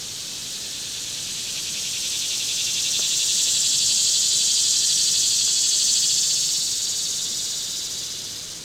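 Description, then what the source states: Insects produce a shrill, fast-pulsing buzz that builds to a peak midway and then eases off slightly. Swelling insect chorus in summer at Ferne Cliff.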